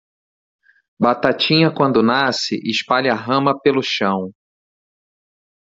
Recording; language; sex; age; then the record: short text; Brazilian Portuguese; male; 40 to 49 years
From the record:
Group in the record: control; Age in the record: 40 years